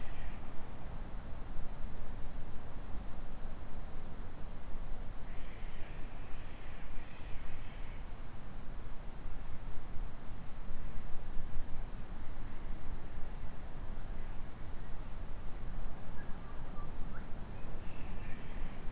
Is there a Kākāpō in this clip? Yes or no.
no